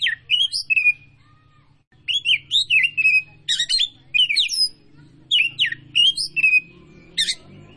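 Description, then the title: Oriental magpie-robin singing loud, rich whistles mixed with harsher rasping notes in quick successive phrases, with a faint low hum beneath. Tretes variety, described as gacor (singing actively). "Kacer Tretes Gacor"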